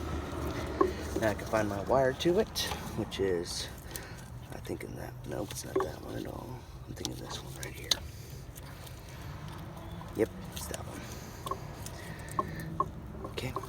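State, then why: Not seated. A wiring harness connector is handled near a component in the engine bay of a 1995 Honda Civic while someone talks. Short sharp ticks and handling noises come through over a low background hum. The clip ends before the connector goes home, so nothing has clicked into place yet.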